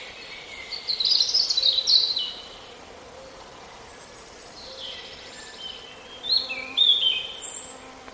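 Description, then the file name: European robin giving high, thin warbled and whistled notes in two bursts separated by a quieter gap. "Erithacus rubecula"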